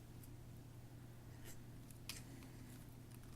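A flat ribbon cable is handled at the connector slot on the control board of a Sennheiser EW 300 G2 handheld microphone during a power button repair, making faint ticks and scrapes at about 0.2, 1.9, 2.1 and 2.4 seconds over a steady low hum. Nothing has seated or clicked yet.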